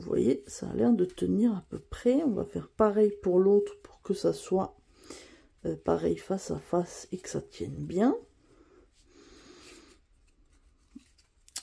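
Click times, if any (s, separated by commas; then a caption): 11.5 s, 11.6 s. Someone talks while fitting the second side of a clip-on cross-stitch holding accessory onto embroidery fabric so the two sides face each other. After a quiet stretch of faint handling, quick clicks are heard at 11.5 s and 11.6 s. The clip is not fully clipped on.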